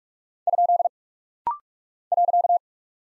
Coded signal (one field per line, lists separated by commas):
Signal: Morse code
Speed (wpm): 46 wpm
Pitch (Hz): 700 Hz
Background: none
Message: ? .